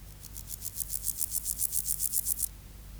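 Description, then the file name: Meadow grasshopper song: a dry, scratchy burst of many rasping pulses over a little more than two seconds, swelling in loudness, then stopping, over a low steady hum. "Chorthippus parallelus"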